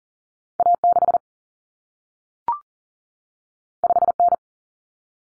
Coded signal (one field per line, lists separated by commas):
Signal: Morse code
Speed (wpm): 40 wpm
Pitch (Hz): 700 Hz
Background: none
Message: A6 5N